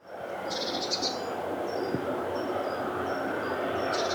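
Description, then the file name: Eurasian blue tit making a scratchy buzzing burst, then brief thin high notes, and another buzzy burst at the end, over constant background noise. "Cyanistes caeruleus"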